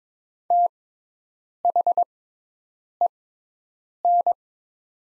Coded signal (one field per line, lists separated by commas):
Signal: Morse code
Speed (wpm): 22 wpm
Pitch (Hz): 700 Hz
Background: none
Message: THEN